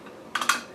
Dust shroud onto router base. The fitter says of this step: locks into place and there's a little lever here that'll that'll tap it down so now